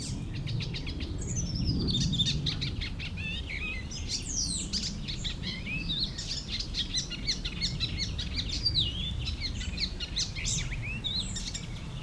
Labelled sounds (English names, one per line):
Icterine Warbler